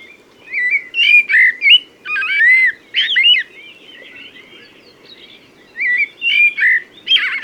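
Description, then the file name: Common blackbird pouring out loud, varied fluted notes with sliding whistles and brief squeaky ends, then a pause before another warbled phrase begins. "Turdus merula"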